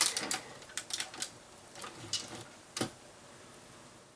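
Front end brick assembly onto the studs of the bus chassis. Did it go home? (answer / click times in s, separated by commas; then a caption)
yes / 0.2 s, 0.3 s, 0.8 s, 0.9 s, 1.0 s, 1.2 s. The front-end brick assembly of a plastic LEGO tour bus model, scaled for minifigures, is pressed down onto the six studs of the bus chassis. A burst of short, sharp clicks is heard at 0.2, 0.3, 0.8, 0.9, 1.0 and 1.2 seconds, with a few softer taps later. The assembly snaps in and is seated on the studs.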